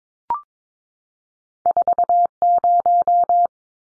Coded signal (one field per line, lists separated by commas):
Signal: Morse code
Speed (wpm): 22 wpm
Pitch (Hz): 700 Hz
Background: none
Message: 40